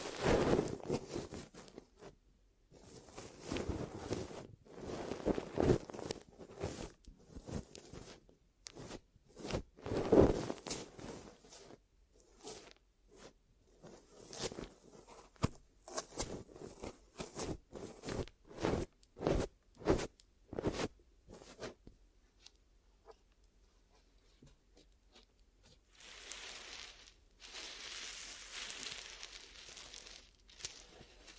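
Ear massage and cleaning sounds: a dense run of short rubbing, crinkling and scraping strokes, some quick and clustered, with a louder burst near ten seconds. After about twenty-two seconds the strokes thin out into softer, brighter hissing brushes with gaps between them.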